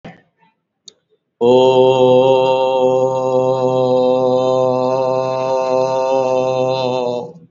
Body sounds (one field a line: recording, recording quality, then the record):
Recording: sustained vowel as in boot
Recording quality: excellent, no background noise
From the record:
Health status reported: recovered from COVID-19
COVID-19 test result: positive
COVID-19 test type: RT-PCR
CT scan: taken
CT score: 20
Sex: male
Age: 57 years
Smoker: no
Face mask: not worn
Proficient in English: yes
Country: India